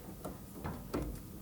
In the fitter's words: once that's snapped then go ahead and check everything